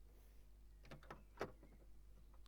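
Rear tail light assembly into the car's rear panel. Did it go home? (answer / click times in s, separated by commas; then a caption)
yes / 1.4 s. The right-hand rear tail light assembly of a BMW E91 Touring Wagon (323i/325i/328i/330i) is pushed in and clipped into the car's rear panel. A few small handling knocks come at about 0.9–1.1 s, then a louder, sharp click at 1.4 s. The assembly slots in immediately and is seated.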